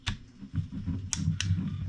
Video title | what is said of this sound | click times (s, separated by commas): Ryobi 18V Jobplus Base Multi Tool Attachment (Compatable Rigid Jobmax Heads) | once you hear it lock in you're pretty much good to go | 1.1 s, 1.4 s